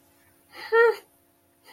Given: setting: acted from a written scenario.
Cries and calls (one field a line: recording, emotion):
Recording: vocal sound without words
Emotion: interest